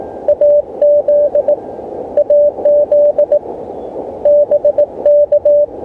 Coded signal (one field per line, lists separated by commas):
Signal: Morse code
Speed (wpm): 18 wpm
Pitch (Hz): 590 Hz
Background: radio noise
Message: AZ AZ BK